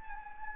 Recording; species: mosquito wingbeat signal from an infrared sensor; Anopheles gambiae